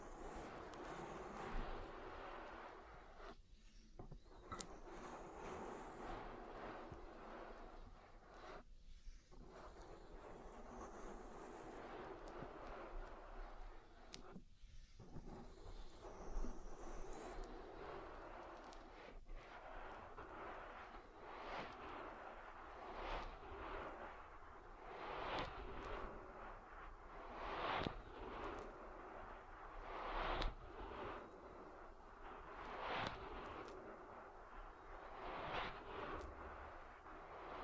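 An oily ear massage: thick, continuous squelching and rubbing that fills the sound with a dense, rumbling rush. Brief gaps of near-silence break it around 4, 9 and 15 seconds, and after about 20 seconds bright swishing strokes come faster and more unevenly.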